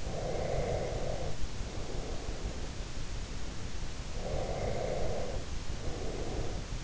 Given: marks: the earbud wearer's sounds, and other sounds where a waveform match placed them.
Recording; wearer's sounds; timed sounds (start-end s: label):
sounds in sleep by an in-ear microphone; breath
0.00-2.90 s: breath
4.16-6.65 s: breath